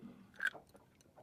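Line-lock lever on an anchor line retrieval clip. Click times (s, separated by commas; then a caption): 0.4 s. An anchor line sits in an EZ Pull anchor retrieval clip, and its spring lever is let go so it snaps back and clamps the line. A few faint ticks come first, then a sharp snap at 0.5 s as the lever closes, followed by softer small clicks. The line is locked in place.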